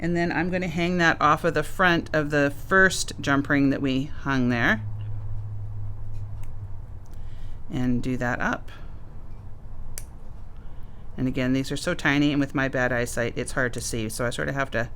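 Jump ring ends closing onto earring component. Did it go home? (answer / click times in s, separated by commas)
yes / 10.0 s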